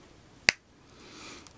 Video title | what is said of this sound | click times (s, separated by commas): Halo - The Spartan Collection - Kat-B320 - (2020) 6.5 inch action figure - review | So this one will snap into place. | 0.5 s